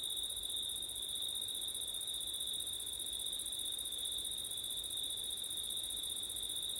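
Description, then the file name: Cricket song as a continuous, even, high trill sustained throughout, accompanied by a fainter very high band and low rustling noise. Crickets recorded on a September night with wind. "crickets wind september night ortif"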